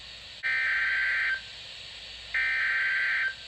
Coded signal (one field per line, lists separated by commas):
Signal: Emergency Alert System (SAME) tones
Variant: header bursts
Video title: SPAM OF SVR’S | EAS #71-76